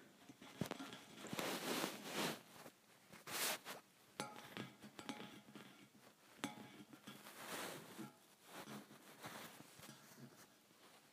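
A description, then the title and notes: Metal bars tap against metal in an irregular run of sharp clanks across the whole stretch, some landing in quick clusters and others spaced apart. A few strikes, near four and six seconds, leave a brief bright ring, and a faint scraping rustle runs between hits. ASMR Metal Bars Tapping on Metal.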